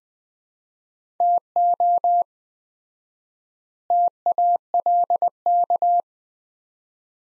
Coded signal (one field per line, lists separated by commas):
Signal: Morse code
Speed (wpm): 20 wpm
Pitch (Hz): 700 Hz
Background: none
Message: TO TALK